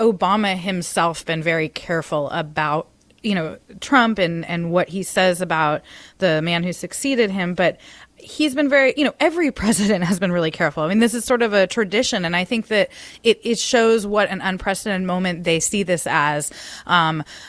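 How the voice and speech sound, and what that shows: A woman talks in a relaxed conversational tone at a moderate pace, with a mid-range pitch and natural rise and fall. Short pauses, an occasional restart and a trailing "um" fit ordinary unscripted talk. Her voice is clear, with no hoarseness or slurring.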